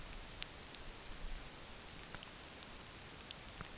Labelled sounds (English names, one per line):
none